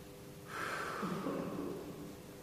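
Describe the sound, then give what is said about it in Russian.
A single long, forceful breath is demonstrated, a rushing, hissy airflow starting abruptly and tapering over about a second and a half, with no talking. “А он делал так. И тут я говорю, о, спасибо, Гуру Лаки. Дыхание.”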